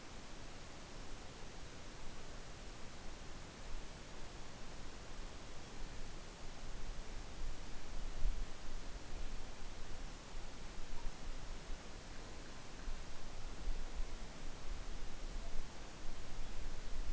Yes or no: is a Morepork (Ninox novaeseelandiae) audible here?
no